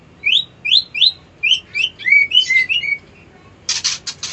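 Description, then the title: White-eye song of short, high upslurred chirps repeated quickly, then a warbling twitter, ending in a short burst of harsh, noisy sound. Song style called ngerol ngalas. "Suara Burung Pleci Ngerol Ngalas Mantap"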